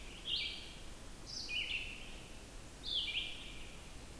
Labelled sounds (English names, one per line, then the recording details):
Red-eyed Vireo song
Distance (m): 45 m
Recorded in boreal forest in Alberta, Canada, on 14 June 2016 at 06:33
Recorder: SongMeter 3, array SBT-3-33
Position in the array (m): 154 m, 181 m